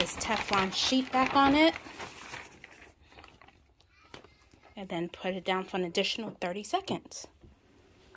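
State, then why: Seated. Someone talks while a clamshell heat press handle is lowered over a denim jacket and a Teflon sheet, with faint rustling and small clicks between about 2.6 and 4.1 s. The metal press lid latches, locking into its closed position at 8.2 s.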